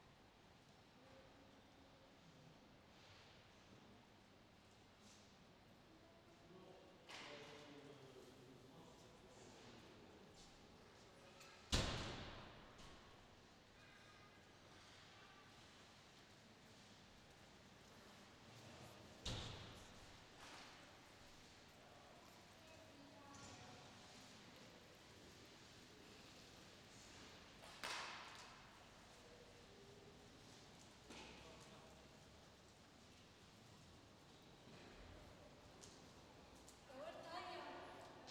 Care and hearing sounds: everyday scene through a hearing-aid microphone; reverberant space; background noise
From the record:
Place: railway station hall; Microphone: in the ear canal, left

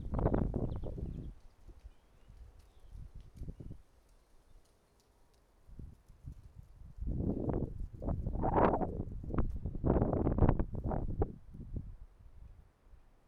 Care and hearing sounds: everyday scene through a hearing-aid microphone; wind on the microphone; wind, traffic, birds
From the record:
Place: suburban garden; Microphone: behind the ear, right, rear

